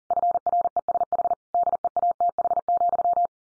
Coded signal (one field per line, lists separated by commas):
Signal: Morse code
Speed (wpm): 40 wpm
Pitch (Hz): 700 Hz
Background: none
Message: FRESH DEATH,